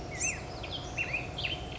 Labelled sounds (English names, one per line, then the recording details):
Black-headed Grosbeak
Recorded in Sonoma County, California